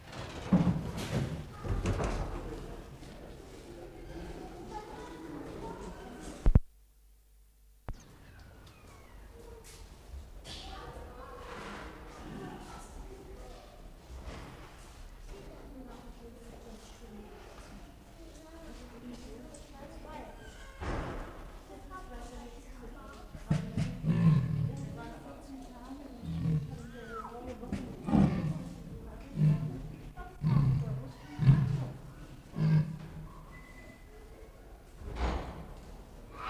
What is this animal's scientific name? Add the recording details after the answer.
Panthera pardus. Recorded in captivity. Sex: group. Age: diverse. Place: Zoo Berlin, Berlin, DE. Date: 1960-01-10 14:30. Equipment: Reporter (Vollspur). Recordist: Tembrock, Günter. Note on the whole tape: Weibchen mit Jungen: Rufreihe und diverse Laute, zweimal auch Stoßlaute in Nähe der Jungen (Muffen). Abstand 2-4 m